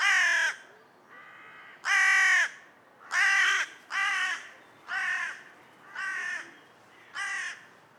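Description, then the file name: Carrion crow cawing repeatedly, eight rasping calls, the first ones loud and the later ones slightly softer, spaced roughly a second apart. "Corvus corone"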